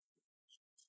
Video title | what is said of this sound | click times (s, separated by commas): How to Upgrade Storage (SSD/HDD) on Dell Inspiron 14 3481 (Reg. P89g) Laptop - Step-by-Step | case you want to hear big click sounds that's what you want to hear just click sound those are the clips that are getting loose | 0.8 s